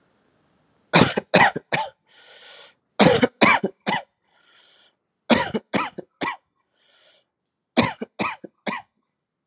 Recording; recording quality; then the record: heavy voluntary cough; excellent, no background noise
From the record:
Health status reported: COVID-19 positive, mild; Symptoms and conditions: cough, cold, sore throat, fever, fatigue, muscle pain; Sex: male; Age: 25 years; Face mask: not worn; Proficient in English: yes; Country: India